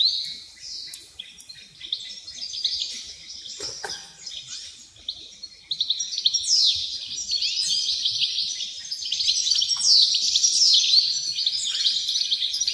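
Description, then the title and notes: Wrens start with scattered high chips and trills, then build into a louder, continuous tinkling chorus of rapid trills. Dozens of wrens in the backyard of a home in Dover, southern Tasmania. "Nature Sounds Tasmania - Dover Wrens. The sounds of dozens of wrens in the backyard of a home in Dover, southern Tasmania"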